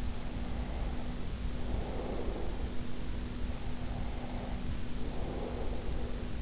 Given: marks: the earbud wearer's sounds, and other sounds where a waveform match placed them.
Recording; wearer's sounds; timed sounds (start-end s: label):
sounds in sleep by an in-ear microphone; breath
0.00-3.04 s: breath
3.47-6.39 s: breath